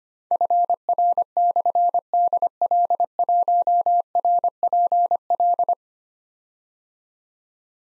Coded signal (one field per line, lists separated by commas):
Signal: Morse code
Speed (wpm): 26 wpm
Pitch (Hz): 700 Hz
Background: none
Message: FR/DL1RPL